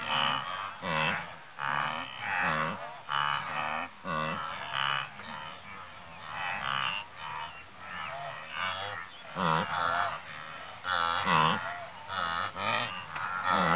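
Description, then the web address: Wildebeest giving a long run of overlapping nasal honks and grunts from several animals, in irregular bursts. Several wildebeest grazing in Africa. "BBC Sound Effects Library. Africa. Wildebeest"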